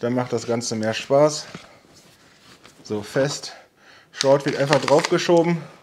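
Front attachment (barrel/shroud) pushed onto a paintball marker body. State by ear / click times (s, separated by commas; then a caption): not seated / none. A front attachment (barrel/shroud) of a paintball marker is being pushed onto the marker body by hand while someone talks. A brief faint sound occurs around 2.7 s, but the part has not clicked or seated yet when the clip ends.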